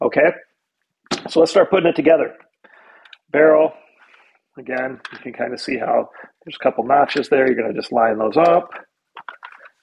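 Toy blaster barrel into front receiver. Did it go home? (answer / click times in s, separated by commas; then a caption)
yes / 9.3 s. Someone talks while lining up the notches on the plastic barrel of a VDD TOYS M4 WASP gel ball blaster with the front of the receiver. The barrel is then twisted, and it locks into place with a sharp click at 9.3 s.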